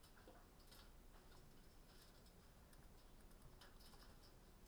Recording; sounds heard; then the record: poultry house recording; no chicken sound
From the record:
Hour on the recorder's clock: 19